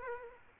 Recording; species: mosquito wingbeat signal from an infrared sensor; Aedes aegypti